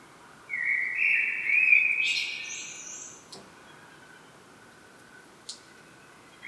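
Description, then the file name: Common blackbird giving one whistled phrase with a rising, scratchy ending, followed by near silence with faint clicks and the start of another phrase. "Turdus merula"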